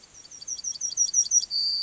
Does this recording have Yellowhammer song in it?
yes